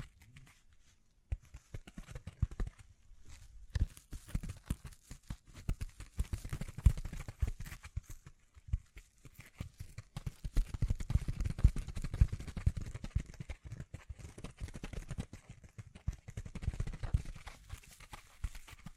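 Dense, irregular tapping and scratching with brushing strokes, mostly low and thumping, busiest around seconds ten to thirteen, with brief quieter gaps.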